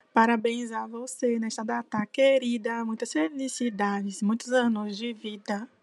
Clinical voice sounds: short text; Brazilian Portuguese; female; 20 to 29 years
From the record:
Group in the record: control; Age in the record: 28 years

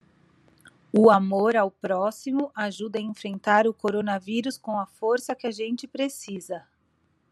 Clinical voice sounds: spoken sentence; Brazilian Portuguese; female; 30 to 39 years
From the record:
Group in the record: control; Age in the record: 37 years

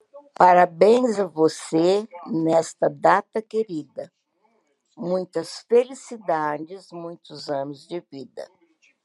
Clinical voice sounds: short text; Brazilian Portuguese; female; 70 to 79 years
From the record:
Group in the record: control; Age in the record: 71 years

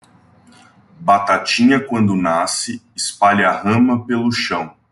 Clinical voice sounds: short text; Brazilian Portuguese; male; 30 to 39 years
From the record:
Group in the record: control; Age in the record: 30 years

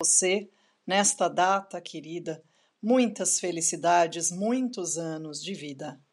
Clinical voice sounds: short text; Brazilian Portuguese; female; 50 to 59 years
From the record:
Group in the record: control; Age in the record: 53 years

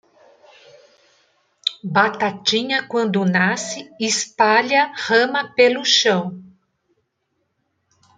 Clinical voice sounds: short text; Brazilian Portuguese; female; 50 to 59 years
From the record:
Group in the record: control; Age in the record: 53 years

